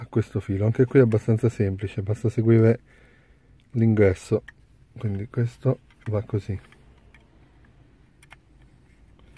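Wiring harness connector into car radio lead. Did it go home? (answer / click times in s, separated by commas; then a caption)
no / none. Someone talks while pushing a wiring harness connector onto its matching car radio lead during the installation of an Android car radio in a Fiat Tipo, following the input. Faint ticks and small handling clicks follow the speech, with the sharpest near the end. The connector has not seated or clicked into place yet.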